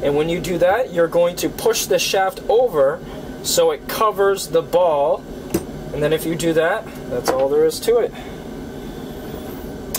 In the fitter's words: the ball and spring is in its place you can feel it click